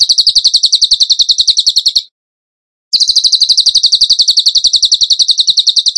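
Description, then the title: Bird song in fast, buzzy trilled bursts, rapidly repeated high notes that break off for about a second before resuming. Masteran training recording of bird song in the tembakan gacor style. "Masteran Burung Tembakan Gacor"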